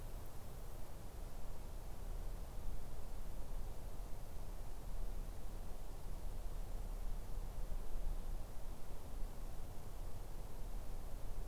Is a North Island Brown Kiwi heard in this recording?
no